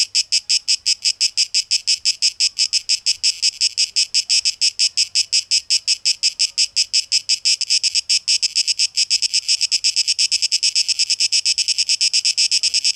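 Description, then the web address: Cicada song: a high, rapidly pulsed buzz that continues throughout. Recorded 12 August 2023; tape echo mix. "rauschpartikel 2023-08-12 Zikaden"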